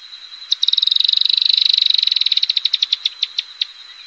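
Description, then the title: Firewood-gatherer call: a rapid series of sharp high notes that gradually slows into spaced single notes near the end. "LuckyPassaro Completos2Sama. Firewood-gatherer (Anumbius annumbi)"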